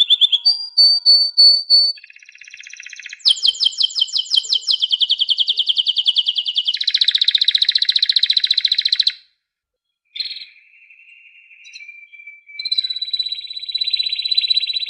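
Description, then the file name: Canary singing a long, varied song of fast, high rolling trills and buzzy passages, broken by a short silence before resuming with steady tones and trills. "chant canari birdsforalldz"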